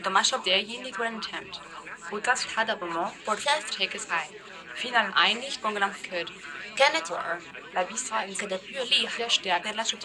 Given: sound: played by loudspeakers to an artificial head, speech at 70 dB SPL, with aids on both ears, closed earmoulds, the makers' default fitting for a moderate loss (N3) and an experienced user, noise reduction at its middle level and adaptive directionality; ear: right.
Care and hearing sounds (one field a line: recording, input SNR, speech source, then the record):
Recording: speech test signal (ISTS) in cocktail-party noise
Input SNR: +3 dB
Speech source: on the right (90 degrees)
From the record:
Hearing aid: class 2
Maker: E